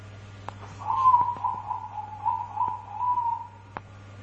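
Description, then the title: Dove cooing: one phrase of several soft pulsed notes that starts slightly higher and then levels off, with a steady low electrical hum and a few clicks. "Canto Da Pomba"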